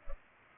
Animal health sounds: mosquito wingbeat signal from an infrared sensor; Culex pipiens

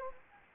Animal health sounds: mosquito wingbeat signal from an infrared sensor; Anopheles gambiae

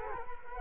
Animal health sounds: mosquito wingbeat signal from an infrared sensor; Culex quinquefasciatus

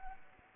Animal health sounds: mosquito wingbeat signal from an infrared sensor; Anopheles arabiensis

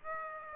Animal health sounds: mosquito wingbeat signal from an infrared sensor; Aedes aegypti

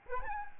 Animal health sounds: mosquito wingbeat signal from an infrared sensor; Aedes albopictus

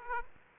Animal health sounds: mosquito wingbeat signal from an infrared sensor; Aedes aegypti

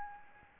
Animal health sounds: mosquito wingbeat signal from an infrared sensor; Aedes albopictus

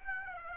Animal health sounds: mosquito wingbeat signal from an infrared sensor; Aedes aegypti

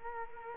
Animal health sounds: mosquito wingbeat signal from an infrared sensor; Culex quinquefasciatus

